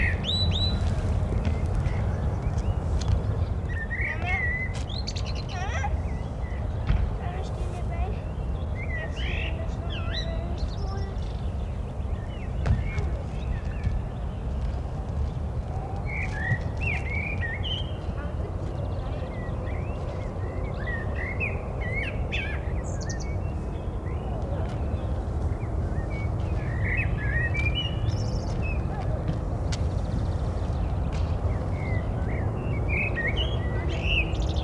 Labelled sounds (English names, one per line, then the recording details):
Common Blackbird song
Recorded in the wild
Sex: male
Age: adult
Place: Garmisch-Partenkirchen, Bayern, DE
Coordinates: 47.4933, 11.0636
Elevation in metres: 785
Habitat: mountains
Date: 1980-03-28
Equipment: Uher 4000 Report, Sennheiser MKH 815 T
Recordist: Tretzel, Erwin